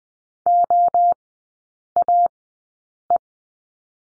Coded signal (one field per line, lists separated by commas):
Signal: Morse code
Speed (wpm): 20 wpm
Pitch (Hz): 700 Hz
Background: none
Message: OAE